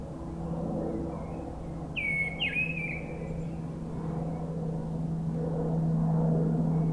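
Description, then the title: Mistle Thrush song: a single brief fluty phrase with a sharp downward flick, heard over a loud, steady engine-like drone and rumble. Forest edge at Brison-Saint-Innocent, France; bird singing high at a treetop; Sunday; grey weather, 10°; frequent aircraft from a nearby airport. "Brison-Saint-Innocent, France - Grive draine"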